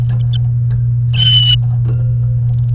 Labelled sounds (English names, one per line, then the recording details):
Domestic Canary song
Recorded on 28 April 2018 at 13:49
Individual llb3